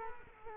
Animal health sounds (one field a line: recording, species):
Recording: mosquito wingbeat signal from an infrared sensor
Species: Culex quinquefasciatus